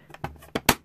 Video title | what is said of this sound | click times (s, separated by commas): Lyman Gen 6 Modifications Loadertools.com | it snaps because | 0.7 s